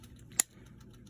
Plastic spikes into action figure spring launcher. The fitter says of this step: and you'll hear a click